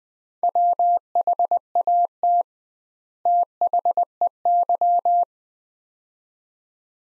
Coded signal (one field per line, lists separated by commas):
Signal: Morse code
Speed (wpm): 21 wpm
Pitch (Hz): 700 Hz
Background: none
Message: WHAT THEY